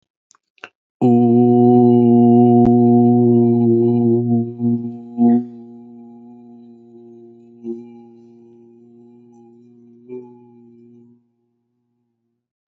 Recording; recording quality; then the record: sustained vowel as in boot; excellent, no background noise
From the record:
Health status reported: healthy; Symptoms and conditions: none ticked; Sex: male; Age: 19 years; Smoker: not ticked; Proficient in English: yes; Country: India